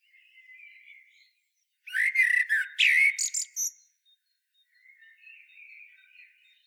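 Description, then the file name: Eurasian blackbird song: soft, faint warbling before and after a loud two-second burst of rich fluty notes and high squeaks. "Turdus merula"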